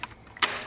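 A center door latch rod on a cabinet door is pushed back down into its set position, and a sharp metallic snap at 0.4 s shows it is seated and reset. Fainter ticks come before it, and a bright ringing tail fades after.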